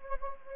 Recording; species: mosquito wingbeat signal from an infrared sensor; Anopheles gambiae